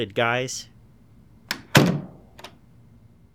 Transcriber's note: door close